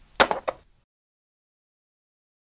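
A spudger or screwdriver is pushed into the release holes of a Dell Latitude 3190 2-in-1 laptop with firm, steady pressure, and the bottom of the keyboard pops free of the chassis retaining pins with a sharp pop at 0.2 s. Two smaller snaps follow at about 0.3 s and 0.5 s, then silence. The keyboard is released from the chassis pins.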